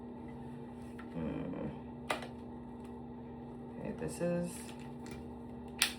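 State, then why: Seated. Someone talks while fitting an oval brush attachment onto the handle of a Wavytalk 5-in-1 multi-attachment hot-air hair styler, over a steady low hum with a few faint knocks and a sharper tap near 2.1 s. At 5.8 s the attachment locks onto the handle with a sharp plastic click, and it is seated.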